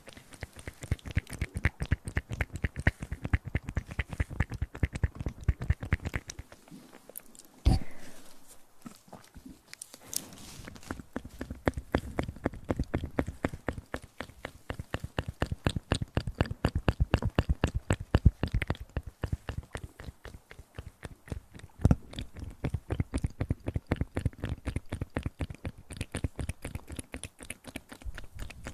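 Close-up mouth sounds: a dense, rapid stream of wet clicks and smacks, fast and fairly regular, sitting very near. Around seven to ten seconds the clicking thins into a brief, softer pause with a low breathy sound before the busy pattern resumes.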